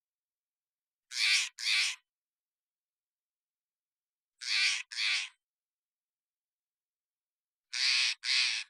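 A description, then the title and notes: A Steller's Jay gives harsh, raspy paired calls, each pair two quick rough notes, repeated three times at intervals of about three seconds. The calls are loud and bright, with dead silence between them and no other sounds in the background. BIRDCrow Jays - Steller's Jay. Steller's Jay, Cyanocitta stelleri, calls, parabolic single-species recording, processed for clarity, natural pace and rhthym maintained Recorded in the beautiful Pacific Northwest, Washington, United States.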